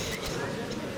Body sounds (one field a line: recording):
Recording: coughing mixed with background sound